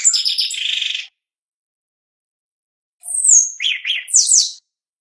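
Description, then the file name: Shiny cowbird song fragments: a buzzy high trill ending one phrase, a two-second pause, then a fresh phrase of sliding whistles and quick liquid notes. "canto do chupim"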